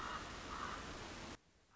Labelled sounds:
Common Raven
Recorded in Sonoma County, California

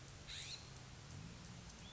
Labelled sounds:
California Scrub-Jay
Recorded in Sonoma County, California

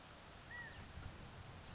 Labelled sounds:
California Quail
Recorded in Sonoma County, California

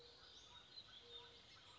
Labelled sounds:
Western Flycatcher
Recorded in Sonoma County, California

